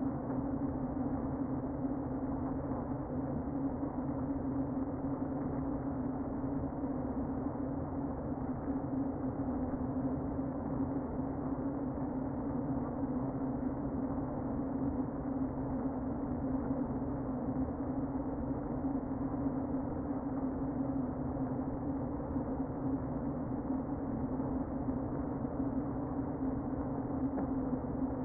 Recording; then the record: honeybee colony, microphone inside the hive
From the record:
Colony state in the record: queen present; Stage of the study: before two queens were removed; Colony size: about 60,000 bees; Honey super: yes